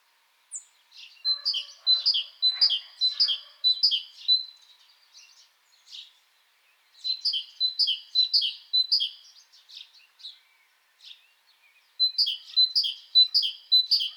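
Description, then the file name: Great tit song: bright two-note phrases repeated rapidly in three bursts separated by short pauses, with faint lower chatter near the start. "Parus major"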